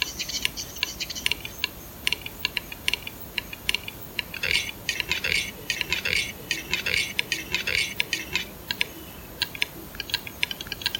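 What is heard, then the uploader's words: A capercaillie cock in a Swedish forest makes sharp, dry clicks, spaced at first, then quickening into dense bursts midway before thinning again. Andreas made an audio recording in the Swedish forest of a Capercaillie cock, a giant grouse bird. This music plays on the accelerating clicking sounds the Capercaillie makes, by layering 5 repeating copies of the sample that gradually come into phase.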